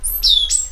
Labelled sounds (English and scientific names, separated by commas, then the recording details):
Stitchbird (Notiomystis cincta) song
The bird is a male
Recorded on Tiritiri Matangi Island, New Zealand, in 2005
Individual 10, of nest box 12